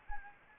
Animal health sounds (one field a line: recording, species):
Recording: mosquito wingbeat signal from an infrared sensor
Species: Anopheles arabiensis